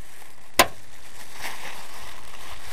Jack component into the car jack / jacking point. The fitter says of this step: this should click in place